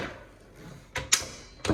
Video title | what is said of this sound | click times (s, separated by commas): Unboxing DeWalt Miter Saw | snaps back into place | 1.0 s, 1.1 s